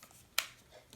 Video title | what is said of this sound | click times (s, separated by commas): Why the CANON EOS M6 is the best camera for vlogging//UNBOXING | pushed a little flicky over to side slide straight in locks in place just like that super | 0.4 s